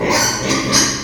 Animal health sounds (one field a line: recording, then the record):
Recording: squeal of a Yucatan mini pig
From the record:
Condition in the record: before surgery on the right vocal fold (resection and tissue-engineered implant)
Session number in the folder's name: 2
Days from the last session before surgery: 0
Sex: male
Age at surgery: 12 weeks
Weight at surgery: 13 kg